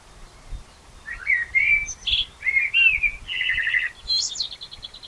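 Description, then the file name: Common blackbird with warbled fluty whistles, then a high squeaky flourish trailing off in quick repeated ticks. "Turdus merula"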